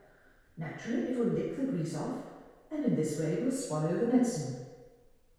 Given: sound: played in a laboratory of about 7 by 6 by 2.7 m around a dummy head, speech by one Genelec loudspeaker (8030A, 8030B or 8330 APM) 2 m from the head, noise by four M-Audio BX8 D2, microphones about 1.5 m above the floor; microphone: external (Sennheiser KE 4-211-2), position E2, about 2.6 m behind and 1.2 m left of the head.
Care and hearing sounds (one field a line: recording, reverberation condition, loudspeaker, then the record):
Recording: female speech in English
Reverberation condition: high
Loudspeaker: 150 degrees to the right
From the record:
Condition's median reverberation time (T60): about 1300 ms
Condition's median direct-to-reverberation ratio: about -4.0 dB